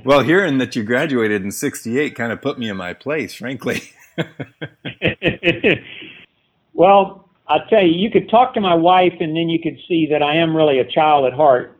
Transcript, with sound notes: Well, hearing that you graduated in ’68 kind of put me in my place, frankly! [Laughs]
Well, I’ll tell you. You could talk to my wife and then you could see that I am really a child at heart.